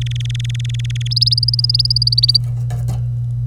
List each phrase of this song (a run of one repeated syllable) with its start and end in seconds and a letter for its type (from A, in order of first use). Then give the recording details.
0.01-1.08 A, 1.11-2.37 B. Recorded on 25 April 2018 at 05:51. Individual llb3